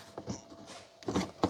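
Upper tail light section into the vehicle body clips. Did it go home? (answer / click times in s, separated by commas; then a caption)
no / none. An upper plastic tail light section on a Toyota Land Cruiser 200, being replaced with an upgraded unit, is handled against the vehicle body clips, giving soft scuffs and brief dull knocks near 0.2 s, 0.3 s, 1.1 s and 1.4 s. Nothing has seated or clicked into place yet.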